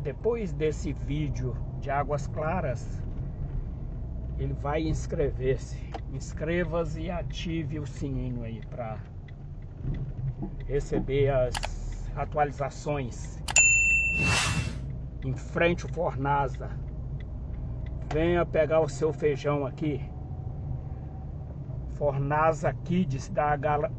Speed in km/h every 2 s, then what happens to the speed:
27, 24, 22, 16, 13, 18, 24, 22, 25, 28, 28, 29.
0-9 slows to 13. 9-24 speeds up to 29.